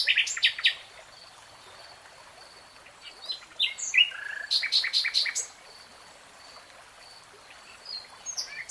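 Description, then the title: Nightingale song in short phrases of sharp chips, slurred whistles and quick notes, separated by quiet gaps, with a faint steady high tone behind. "[Tiếng chim hót] Nightingale Singing"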